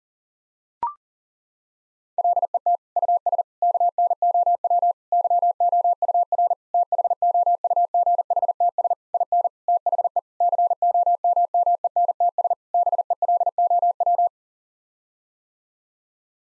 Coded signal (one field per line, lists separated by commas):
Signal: Morse code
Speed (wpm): 40 wpm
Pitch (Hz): 700 Hz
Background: none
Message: LET US KNOW YOUR THOUGHTS IN THE COMMENTS BELOW